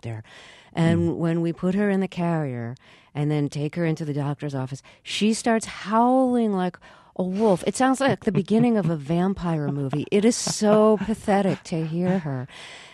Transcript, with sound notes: and when we put her in a carrier and then take her into the doctor's office, she starts howling like a wolf. It sounds like the beginning of a vampire movie.
(Soundbite of laughter)
It is so pathetic to hear her.